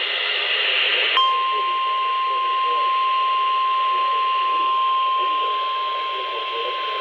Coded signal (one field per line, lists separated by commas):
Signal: Emergency Alert System (SAME) tones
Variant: 1050 Hz attention tone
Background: speech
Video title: EAS 817-818 Tornado Warning